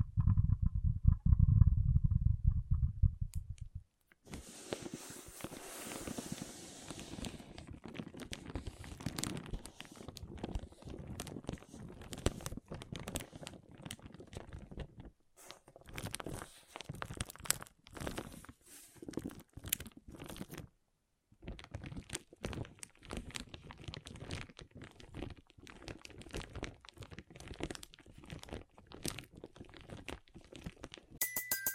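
Water beads are handled in a dense, crackling churn of small squishy clicks and crunches that runs in uneven bursts with brief silent gaps. It opens with about four seconds of a low, heavy rumble and a faint steady tone, then turns bright and crisp.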